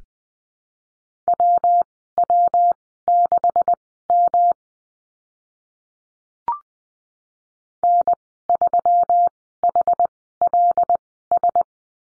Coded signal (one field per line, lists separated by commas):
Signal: Morse code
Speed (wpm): 20 wpm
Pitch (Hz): 700 Hz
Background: none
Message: WW6M N3HLS